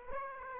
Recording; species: mosquito wingbeat signal from an infrared sensor; Aedes aegypti